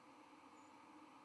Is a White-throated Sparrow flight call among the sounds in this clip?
yes